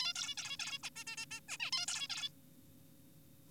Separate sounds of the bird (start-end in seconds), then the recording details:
0.00-0.13, 0.16-0.35, 0.38-0.57, 0.60-0.79, 0.84-0.90, 0.96-1.04, 1.07-1.16, 1.18-1.26, 1.31-1.40, 1.48-1.58, 1.60-1.70, 1.72-1.86, 1.88-2.08, 2.10-2.30. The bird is an adult. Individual g4p5U